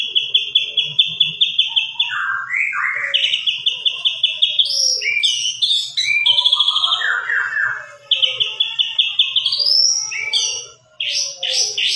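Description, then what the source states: White-rumped shama song: loud, varied whistled phrases, some long and steady, others rising or dropping in quick slurs, with brief pauses between phrases. White-rumped shama described as gacor, singing continuously and vigorously; meant to provoke a response from shamas.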